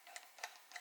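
A plastic foam cannon bottle is turned backward on the cannon head so its threads can drop into place, giving three short, light plastic ticks at about 0.2, 0.4 and 0.8 seconds. The bottle has not yet clicked into its start position or seated on the head.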